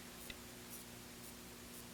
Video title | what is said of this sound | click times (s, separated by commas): Sharpening Evaluation for #28075 International Scissor Sharpeners Association | let's tighten it and this will click | 0.3 s